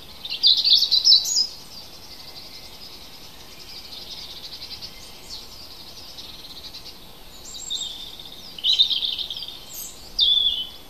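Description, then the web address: Bird song: a bright, high twittering burst opens, then quieter high notes, then more rapid high phrases near the end. Native bird recorded in forest in April. "oeko wald-1 vogel april vogel 32 heimisch kurz"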